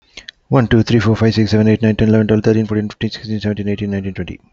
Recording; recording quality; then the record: counting at a fast pace; excellent, no background noise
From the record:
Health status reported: healthy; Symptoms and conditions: none ticked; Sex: male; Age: 59 years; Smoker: not ticked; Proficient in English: yes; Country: India